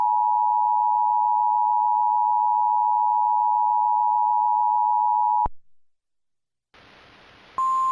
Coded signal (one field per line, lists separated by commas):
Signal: Emergency Alert System (SAME) tones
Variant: 853 and 960 Hz attention tone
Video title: EAS - Burnt